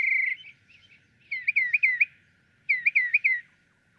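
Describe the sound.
Northern mockingbird song: whistled, slurred notes repeated three or four times per phrase, with the phrases returning after short pauses.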